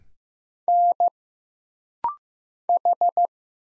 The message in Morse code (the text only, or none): N H